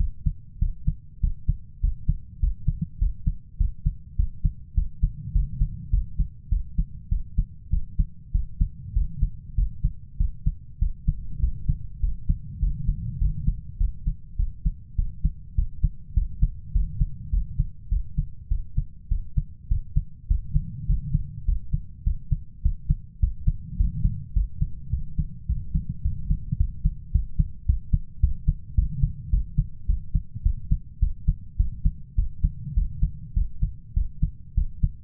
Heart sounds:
heart sounds by stethoscope; 102 bpm
0.61 s: heartbeat
1.23 s: heartbeat
1.83 s: heartbeat
2.42 s: heartbeat
3.01 s: heartbeat
3.60 s: heartbeat
4.19 s: heartbeat
4.77 s: heartbeat
5.35 s: heartbeat
5.93 s: heartbeat
6.52 s: heartbeat
7.11 s: heartbeat
7.73 s: heartbeat
8.34 s: heartbeat
8.96 s: heartbeat
9.58 s: heartbeat
10.20 s: heartbeat
10.81 s: heartbeat
11.42 s: heartbeat
12.03 s: heartbeat
12.62 s: heartbeat
13.21 s: heartbeat
13.80 s: heartbeat
14.39 s: heartbeat
14.98 s: heartbeat
15.58 s: heartbeat
16.17 s: heartbeat
16.75 s: heartbeat
17.33 s: heartbeat
17.92 s: heartbeat
18.51 s: heartbeat
19.11 s: heartbeat
19.71 s: heartbeat
20.30 s: heartbeat
20.89 s: heartbeat
21.48 s: heartbeat
22.06 s: heartbeat
22.64 s: heartbeat
23.22 s: heartbeat
23.79 s: heartbeat
24.36 s: heartbeat
24.92 s: heartbeat
25.49 s: heartbeat
26.04 s: heartbeat
26.59 s: heartbeat
27.14 s: heartbeat
27.68 s: heartbeat
28.23 s: heartbeat
28.77 s: heartbeat
29.33 s: heartbeat
29.89 s: heartbeat
30.45 s: heartbeat
31.02 s: heartbeat
31.59 s: heartbeat
32.18 s: heartbeat
32.77 s: heartbeat
33.36 s: heartbeat
33.96 s: heartbeat
34.57 s: heartbeat
From the record:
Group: healthy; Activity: cold pressor test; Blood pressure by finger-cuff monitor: 165/97 mmHg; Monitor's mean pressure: 115 mmHg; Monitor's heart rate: 103 bpm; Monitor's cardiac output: 7.8 L/min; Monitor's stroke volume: 75 mL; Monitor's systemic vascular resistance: 1090 dyn s/cm5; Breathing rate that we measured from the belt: 16 breaths a minute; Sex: male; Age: 21 years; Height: 175 cm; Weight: 72.6 kg

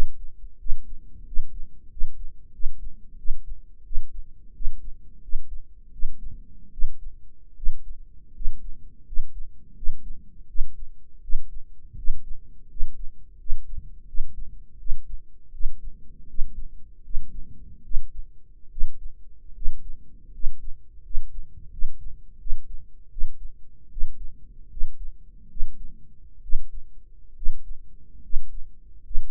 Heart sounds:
heart sounds by microphone in the right ear; 80 bpm
0.58 s: heartbeat
1.25 s: heartbeat
1.89 s: heartbeat
2.52 s: heartbeat
3.17 s: heartbeat
3.84 s: heartbeat
4.54 s: heartbeat
5.21 s: heartbeat
5.91 s: heartbeat
6.71 s: heartbeat
7.55 s: heartbeat
8.34 s: heartbeat
9.05 s: heartbeat
9.75 s: heartbeat
10.47 s: heartbeat
11.21 s: heartbeat
11.96 s: heartbeat
12.69 s: heartbeat
13.38 s: heartbeat
14.06 s: heartbeat
14.78 s: heartbeat
15.52 s: heartbeat
16.27 s: heartbeat
17.03 s: heartbeat
17.83 s: heartbeat
18.70 s: heartbeat
19.54 s: heartbeat
20.32 s: heartbeat
21.03 s: heartbeat
21.70 s: heartbeat
22.39 s: heartbeat
23.10 s: heartbeat
23.90 s: heartbeat
24.69 s: heartbeat
25.49 s: heartbeat
26.42 s: heartbeat
27.35 s: heartbeat
28.22 s: heartbeat
29.03 s: heartbeat
From the record:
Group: healthy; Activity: rest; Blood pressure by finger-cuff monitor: 169/119 mmHg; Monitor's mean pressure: 129 mmHg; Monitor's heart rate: 82 bpm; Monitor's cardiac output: 6.6 L/min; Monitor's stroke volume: 79 mL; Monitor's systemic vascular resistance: 1500 dyn s/cm5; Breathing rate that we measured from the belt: 16 breaths a minute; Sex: male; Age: 23 years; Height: 179 cm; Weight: 87 kg

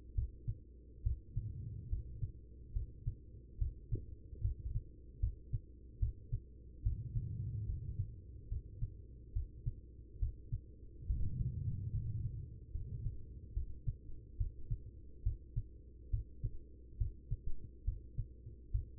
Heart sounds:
heart sounds by stethoscope; 71 bpm
0.15 s: heartbeat
1.03 s: heartbeat
1.89 s: heartbeat
2.73 s: heartbeat
3.58 s: heartbeat
4.42 s: heartbeat
5.20 s: heartbeat
5.99 s: heartbeat
6.83 s: heartbeat
7.66 s: heartbeat
8.49 s: heartbeat
9.33 s: heartbeat
10.19 s: heartbeat
11.07 s: heartbeat
11.91 s: heartbeat
12.72 s: heartbeat
13.54 s: heartbeat
14.37 s: heartbeat
15.23 s: heartbeat
16.10 s: heartbeat
16.98 s: heartbeat
17.84 s: heartbeat
18.71 s: heartbeat
From the record:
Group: healthy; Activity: rest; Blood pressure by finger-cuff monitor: 101/68 mmHg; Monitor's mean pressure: 82 mmHg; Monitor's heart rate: 70 bpm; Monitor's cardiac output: 5.3 L/min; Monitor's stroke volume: 74 mL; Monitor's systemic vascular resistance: 1120 dyn s/cm5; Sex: female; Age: 43 years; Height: 160 cm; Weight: 90 kg

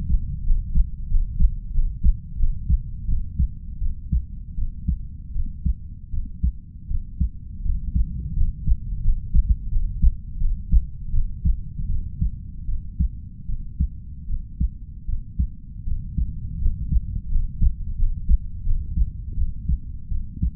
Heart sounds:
heart sounds by stethoscope; 82 bpm
0.43 s: heartbeat
1.07 s: heartbeat
1.71 s: heartbeat
2.36 s: heartbeat
3.05 s: heartbeat
3.78 s: heartbeat
4.55 s: heartbeat
5.32 s: heartbeat
6.10 s: heartbeat
6.87 s: heartbeat
7.62 s: heartbeat
8.33 s: heartbeat
9.01 s: heartbeat
9.69 s: heartbeat
10.37 s: heartbeat
11.10 s: heartbeat
11.86 s: heartbeat
12.65 s: heartbeat
13.46 s: heartbeat
14.26 s: heartbeat
15.05 s: heartbeat
15.84 s: heartbeat
16.58 s: heartbeat
17.28 s: heartbeat
17.95 s: heartbeat
18.63 s: heartbeat
19.34 s: heartbeat
20.08 s: heartbeat
From the record:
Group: healthy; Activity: cold pressor test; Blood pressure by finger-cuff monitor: 119/68 mmHg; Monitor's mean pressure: 83 mmHg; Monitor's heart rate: 84 bpm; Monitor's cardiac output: 6.2 L/min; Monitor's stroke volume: 77 mL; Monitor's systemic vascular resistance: 950 dyn s/cm5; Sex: female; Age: 32 years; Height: 168 cm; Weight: 61.9 kg

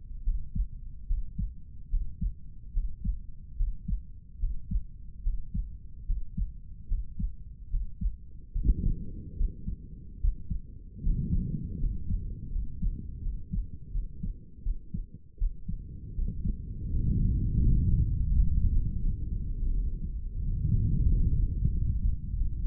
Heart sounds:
heart sounds by stethoscope; 79 bpm
0.23 s: heartbeat
1.06 s: heartbeat
1.89 s: heartbeat
2.73 s: heartbeat
3.56 s: heartbeat
4.39 s: heartbeat
5.22 s: heartbeat
6.05 s: heartbeat
6.87 s: heartbeat
7.69 s: heartbeat
8.51 s: heartbeat
9.36 s: heartbeat
10.20 s: heartbeat
11.02 s: heartbeat
11.79 s: heartbeat
12.51 s: heartbeat
13.22 s: heartbeat
13.91 s: heartbeat
14.63 s: heartbeat
15.38 s: heartbeat
16.15 s: heartbeat
16.89 s: heartbeat
17.61 s: heartbeat
18.31 s: heartbeat
19.02 s: heartbeat
19.73 s: heartbeat
20.41 s: heartbeat
21.07 s: heartbeat
21.72 s: heartbeat
22.36 s: heartbeat
From the record:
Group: healthy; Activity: breath hold 0-10 s, rest 10-23 s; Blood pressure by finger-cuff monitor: 105/72 mmHg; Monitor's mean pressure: 80 mmHg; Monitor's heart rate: 74 bpm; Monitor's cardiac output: 5.8 L/min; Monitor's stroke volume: 80 mL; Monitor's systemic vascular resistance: 980 dyn s/cm5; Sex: male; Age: 35 years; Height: 180 cm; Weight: 86.9 kg

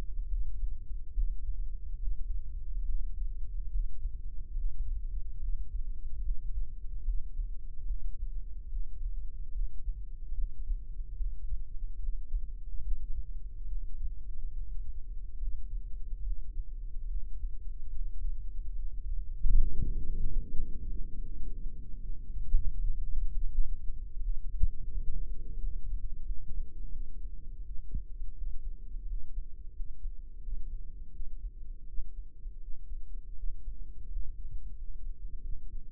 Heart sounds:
heart sounds by microphone in the right ear; 77 bpm
0.25 s: heartbeat
1.11 s: heartbeat
1.95 s: heartbeat
2.82 s: heartbeat
3.67 s: heartbeat
4.52 s: heartbeat
5.36 s: heartbeat
6.18 s: heartbeat
7.01 s: heartbeat
7.83 s: heartbeat
8.66 s: heartbeat
9.49 s: heartbeat
10.31 s: heartbeat
11.13 s: heartbeat
11.96 s: heartbeat
12.79 s: heartbeat
13.65 s: heartbeat
14.50 s: heartbeat
15.35 s: heartbeat
16.20 s: heartbeat
17.04 s: heartbeat
17.89 s: heartbeat
18.72 s: heartbeat
19.55 s: heartbeat
20.38 s: heartbeat
21.20 s: heartbeat
21.99 s: heartbeat
22.75 s: heartbeat
23.49 s: heartbeat
24.19 s: heartbeat
24.88 s: heartbeat
25.56 s: heartbeat
26.22 s: heartbeat
26.89 s: heartbeat
27.61 s: heartbeat
28.32 s: heartbeat
29.04 s: heartbeat
29.71 s: heartbeat
30.38 s: heartbeat
31.09 s: heartbeat
31.84 s: heartbeat
32.57 s: heartbeat
33.34 s: heartbeat
34.06 s: heartbeat
34.73 s: heartbeat
35.39 s: heartbeat
From the record:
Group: healthy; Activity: breath hold 0-19 s, rest 19-36 s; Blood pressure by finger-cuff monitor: 95/58 mmHg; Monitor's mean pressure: 71 mmHg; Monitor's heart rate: 73 bpm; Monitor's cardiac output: 6.1 L/min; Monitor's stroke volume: 85 mL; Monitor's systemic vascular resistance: 810 dyn s/cm5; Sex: female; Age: 26 years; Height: 165 cm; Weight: 55 kg

